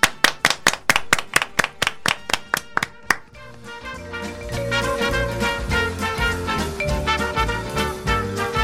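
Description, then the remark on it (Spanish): An audience claps in steady unison, about a dozen sharp, evenly spaced claps for roughly three seconds, then the clapping gives way to music. “¿Te parece que acabemos con un aplauso grande?”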